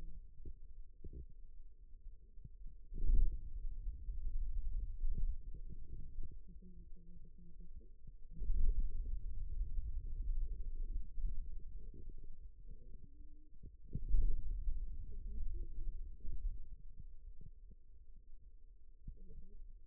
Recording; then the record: forearm muscle sounds (acoustic myography)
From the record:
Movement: hand closing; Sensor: system 2, bracelet of six BSWA MPA416 microphones around the upper forearm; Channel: 4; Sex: male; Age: 22 years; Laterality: right